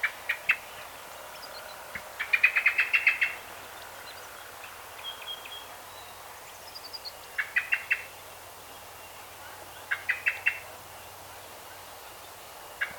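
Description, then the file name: Common blackbird giving bursts of rapid chinking notes separated by pauses of a few seconds, with faint thin high whistles from other birds in the background. "Turdus merula"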